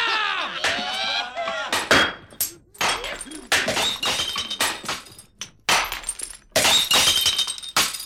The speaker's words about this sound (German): Den Salut der krachenden Gläser!